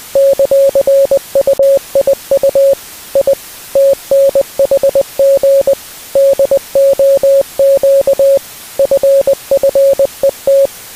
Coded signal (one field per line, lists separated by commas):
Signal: Morse code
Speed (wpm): 20 wpm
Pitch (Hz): 550 Hz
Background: music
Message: ;UIU I TNHG DOQ FFET